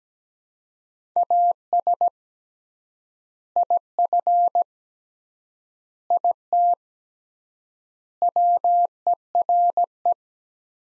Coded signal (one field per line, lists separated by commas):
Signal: Morse code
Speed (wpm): 17 wpm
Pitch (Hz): 700 Hz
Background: none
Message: AS IF IT WERE